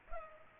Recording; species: mosquito wingbeat signal from an infrared sensor; Culex pipiens